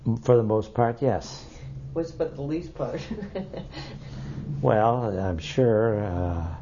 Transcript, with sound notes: For the most part, yes.
What about the least part? ( she laughs )
Well, I'm sure